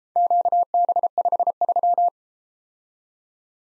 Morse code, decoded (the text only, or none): QB53